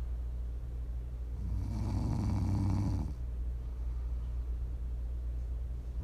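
A single rough, rumbling ASMR snore on one breath lasts just under two seconds over a steady low background hum.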